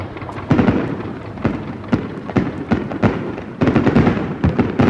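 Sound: fireworks exploding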